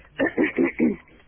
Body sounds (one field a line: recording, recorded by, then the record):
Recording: voluntary cough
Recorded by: telephone call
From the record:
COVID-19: negative